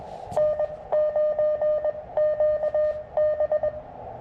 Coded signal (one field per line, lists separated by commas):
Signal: Morse code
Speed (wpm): 22 wpm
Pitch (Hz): 600 Hz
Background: none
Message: N9QB